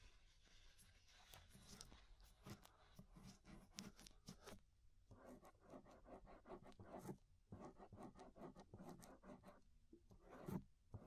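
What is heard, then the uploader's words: Ear scraping, a dense run of short dry scratching strokes that come several times a second with little pause. Brief gaps fall near five and seven seconds, and a few sharper clicks and scrapes stand out near the end. Inner and Outer Ear Scraping (No Talking).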